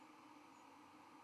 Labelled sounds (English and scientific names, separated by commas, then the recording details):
White-throated Sparrow (Zonotrichia albicollis) flight call
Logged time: 08:02 on 31 October 2014